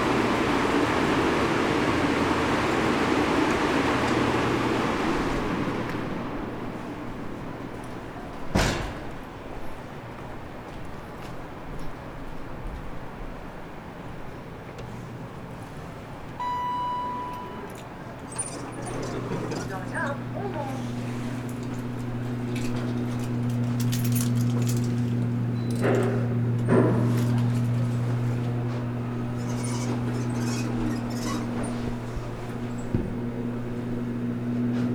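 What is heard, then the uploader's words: Inside a tall glass office building, a dense rushing wash fills the first few seconds, then thins to a low, steady hum. A sharp click lands near nine seconds and a brief tone near seventeen, and from twenty seconds deep droning tones rise, with scattered knocks and faint activity. A tall glass building at 150 Elgin. I like to spend time exploring the sounds of my workplace : it’s hums, clicks, resonances, voices, drones, rhythms, patterns, etc. This recording explores the spaces where people enter and exit the building.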